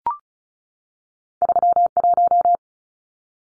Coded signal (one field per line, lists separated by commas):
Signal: Morse code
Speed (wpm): 34 wpm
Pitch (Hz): 700 Hz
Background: none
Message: 31